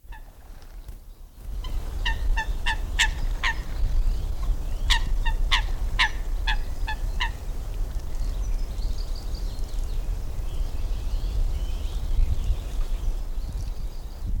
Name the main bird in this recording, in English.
Eurasian Coot